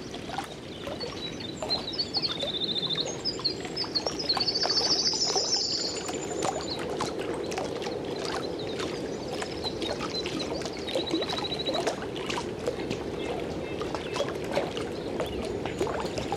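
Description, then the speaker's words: Winter Wren singing long, jumbled series of high twittering trills early on, then brief further bursts, over steady water noise. Singing male to the left, another more distant male to the right; long series of jumbled notes; Boundary Waters Canoe Area Wilderness, northern Minnesota. "To the left, there's a winter wren singing. Listen for its long series of jumbled notes."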